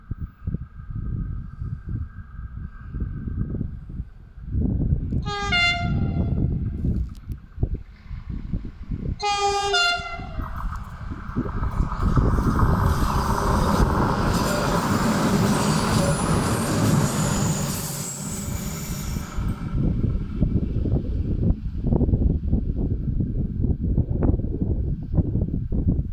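A Wachaubahn multiple-unit train rumbles steadily past, sounding two short horn blasts around five and ten seconds, with hissing rail noise building midway.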